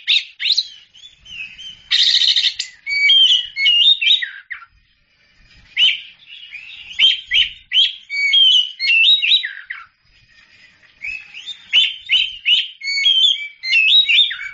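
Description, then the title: Oriental magpie-robin delivering long bursts of rich, varied whistles and chatters, including a harsh rasp, the phrases separated by brief pauses. Champion songbird. "Kicau Burung Kacer Juara"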